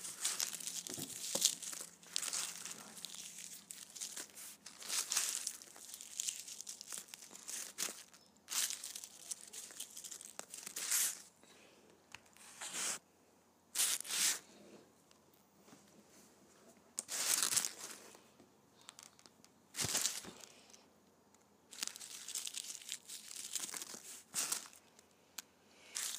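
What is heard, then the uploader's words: Candy wrappers crinkle and crumple in bursts of crisp, bright rustling, some dense and continuous for a second or two, others short and sharp. Brief quiet gaps separate the handling, with a faint low hum underneath in the first few seconds. ASMR Candy Wrappers.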